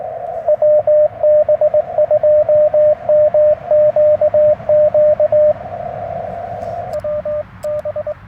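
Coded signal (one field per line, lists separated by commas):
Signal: Morse code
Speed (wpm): 22 wpm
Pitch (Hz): 590 Hz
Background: radio noise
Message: WB2MQQ WB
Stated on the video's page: CW Parks on the Air activation at 100 watts, Yaesu FT-891, Chelegance MC-750 antenna, BaMaKeY TP-III key.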